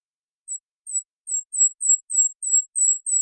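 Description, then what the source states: Golden-crowned kinglet giving a series of very high, thin, slightly falling notes that speed up and lengthen, about nine in three seconds, on a silent background. Resident bird recorded on the Olympic Peninsula, North America, in June 2021; sound likened to a tiny creature maniacally laughing; clean-processed with background noise removed.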